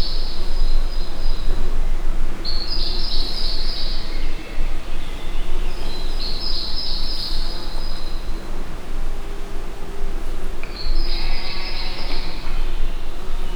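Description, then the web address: Insect trilling: three shrill, buzzy bursts, each lasting about two to three seconds and spaced a few seconds apart, over constant low droning background noise. Captive insect at a zoo in Miskolc, in an outer hall, 2018. "rovar kulsoterem"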